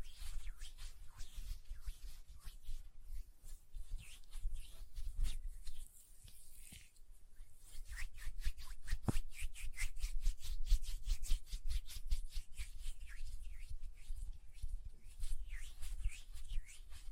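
Hand sounds and nail tapping: quick, crisp clicks and taps come in dense bursts, especially from about eight seconds onward, with softer rubbing and brushing between them. A quieter patch around six to seven seconds, and a low rumble sits underneath throughout.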